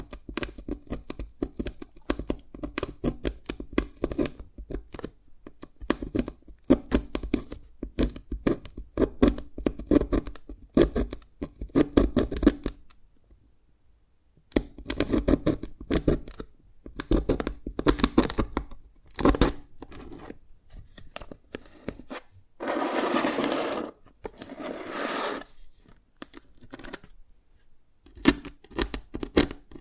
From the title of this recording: Dalgona Candy Challenge Tapping, Cracking Triggers